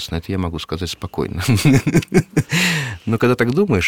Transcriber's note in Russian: Смеется